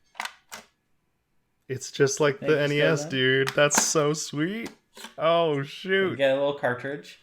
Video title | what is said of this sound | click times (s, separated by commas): Code Completion Episode 97: JIRA and Their Epics, Stories, Sprints, and Agility | back in and i'll let the satisfying click | 0.2 s